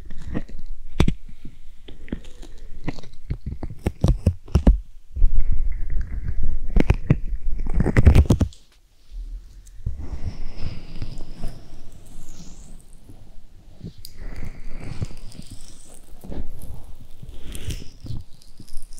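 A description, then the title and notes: An ASMR ear massage with soft rubbing and crinkly, crunchy textures, broken by sharp clicks and taps through the first half. Around eight seconds a dense rush of rubbing swells, then a brief silence follows, and gentler, airy swishing and brushing continue to the end. ASMR Ear Massage.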